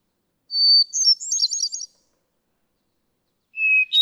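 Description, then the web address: Hermit thrush giving one high phrase, a long clear whistle running into quick fluttering notes, followed after a pause by the start of a lower phrase. "birdsongforthecurious Hermit Thrush"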